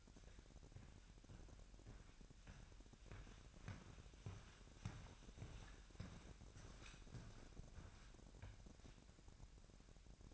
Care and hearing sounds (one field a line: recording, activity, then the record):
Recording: daily activity, microphone in the room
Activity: walk to room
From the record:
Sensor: 2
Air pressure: 1012.1 hPa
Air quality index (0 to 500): 150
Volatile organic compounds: 2 ppm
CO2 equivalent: 1082 ppm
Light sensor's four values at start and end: 85/204/84/82 and 83/198/81/80